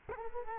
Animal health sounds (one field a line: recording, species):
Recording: mosquito wingbeat signal from an infrared sensor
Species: Culex quinquefasciatus